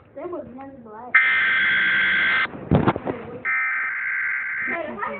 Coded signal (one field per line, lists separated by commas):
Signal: Emergency Alert System (SAME) tones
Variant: header bursts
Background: speech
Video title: EAS: tornado warning